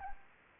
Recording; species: mosquito wingbeat signal from an infrared sensor; Anopheles arabiensis